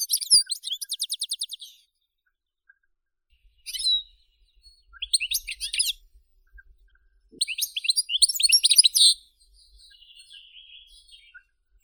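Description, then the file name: European goldfinch song opening with a quick series of repeated chips, then scattered twittering bursts, a longer liquid, jangling phrase and a soft trailing trill. "Golosa ptic - CSHegol Carduelis carduelis"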